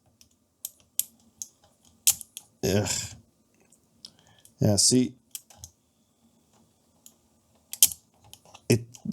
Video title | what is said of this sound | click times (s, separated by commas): Restoring a vintage shoebox cassette recorder - ITT SL54 Automatic - Part 1 | it doesn't latch so annoying | none